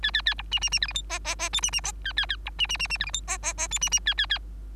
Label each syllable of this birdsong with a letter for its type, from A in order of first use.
A A A B C C C D E F G G G H C C A A A B C C C C D E F G G G H C C A A A